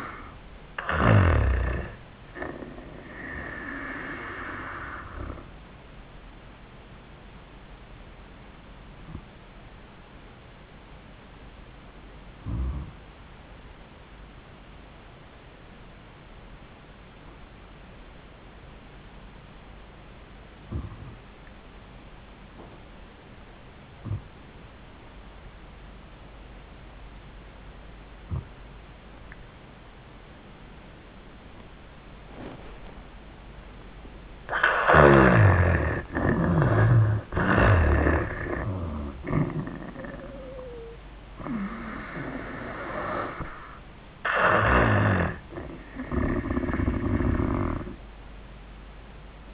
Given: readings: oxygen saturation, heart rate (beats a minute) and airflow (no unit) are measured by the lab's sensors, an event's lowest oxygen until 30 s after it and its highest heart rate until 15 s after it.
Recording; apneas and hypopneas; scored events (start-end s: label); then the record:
breathing in sleep by a voice recorder at the bedside; 1
4.00-33.90 s: hypopnea (N1, oxygen 97% highest, then 79% lowest, heart rate 85 at the start, 88 highest)
17.00-49.54 s: new sleep stage, N2 (light sleep)
From the record:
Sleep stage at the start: N1 (lightest sleep); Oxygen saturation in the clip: 78 to 97%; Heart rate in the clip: 75 to 91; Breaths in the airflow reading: 6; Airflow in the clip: -18.8 to 12.1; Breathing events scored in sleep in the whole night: 400 in 8.7 hours asleep